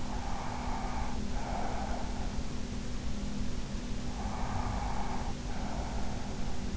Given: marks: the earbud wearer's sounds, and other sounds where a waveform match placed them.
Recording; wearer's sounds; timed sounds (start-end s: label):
sounds in sleep by an in-ear microphone; breath
0.00-2.39 s: breath
4.08-6.43 s: breath